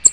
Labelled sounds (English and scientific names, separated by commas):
American Redstart (Setophaga ruticilla) flight call